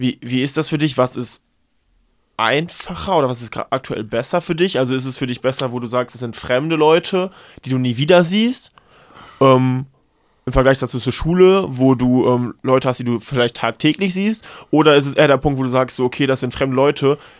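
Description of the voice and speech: An adult man, a Salon5 reporter, asks interview questions in fluent, conversational German with brief pauses and 'ähm' fillers; ordinary speech.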